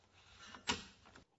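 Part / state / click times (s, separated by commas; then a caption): fuel filler cap into car fuel filler neck / torque reached / 0.7 s. A plastic fuel filler cap on a 2005–2007 Toyota Avalon is turned clockwise into the car's fuel filler neck until its ratchet clicks, showing it is tightened securely. A faint tick near 0.6 s is followed by the sharp ratchet click at 0.7 s, then a softer tick around 1.2 s.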